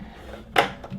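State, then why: Seated. A micro switch is pressed onto the back of a plastic arcade push button housing, with its black actuator facing the inside of the button. It snaps into place with a sharp, bright click at 0.6 s, followed by a fainter tap around 0.8 s over a quiet background. The switch is seated on the button.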